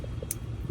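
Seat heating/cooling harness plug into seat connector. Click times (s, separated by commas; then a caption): 0.3 s. A seat heating/cooling wiring harness plug is pushed one-handed into its mating connector under a tipped-over car seat. Over a low background rumble, a soft bump at 0.2 s is followed by a sharp, bright click at 0.3 s. The connector clicks in and is seated.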